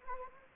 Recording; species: mosquito wingbeat signal from an infrared sensor; Anopheles arabiensis